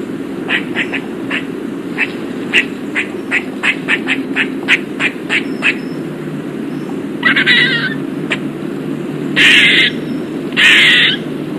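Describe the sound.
Eastern gray squirrel calls: a run of short clicking chucks gives way to three longer, rasping, buzzy calls near the end, over a constant low background hum.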